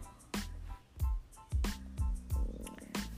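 Low, irregular gurgling rumbles from an adult's stomach come in about six short bursts over three seconds, some with a faint hum-like tone, in a quiet room. This is ordinary stomach growling (borborygmi), the normal sound of gas and fluid moving through the gut.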